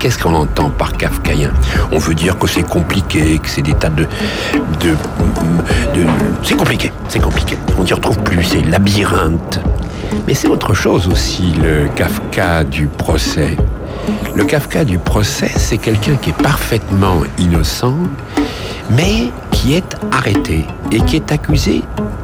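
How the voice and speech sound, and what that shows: Low-pitched adult man speaking fluent, continuous French with ordinary rhythm and voice; normal speech.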